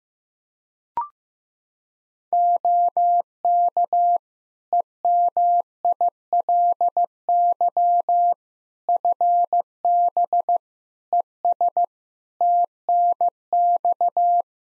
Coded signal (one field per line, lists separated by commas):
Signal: Morse code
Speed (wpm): 16 wpm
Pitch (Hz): 700 Hz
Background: none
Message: OK EMILY FB ES TNX